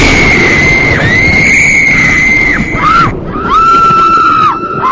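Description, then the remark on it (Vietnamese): Sustained, piercing screams of three girls rise and waver over a steady roar of wind and rain, with a brief break before a lower, wailing scream continues to the end. “Những tiếng kêu thét xé lòng của ba cô gái vang lên trong tiếng gió mưa.”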